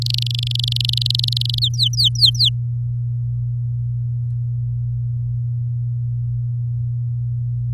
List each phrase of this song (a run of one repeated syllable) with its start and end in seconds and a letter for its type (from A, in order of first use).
0.02-1.59 A, 1.62-2.49 B